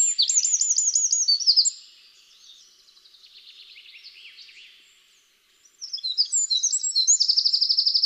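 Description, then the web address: Eurasian wren song: a loud high trilled phrase, then quieter warbling, a brief silence, and a second loud phrase ending in a fast, even trill. "SETE Troglodytes troglodytes"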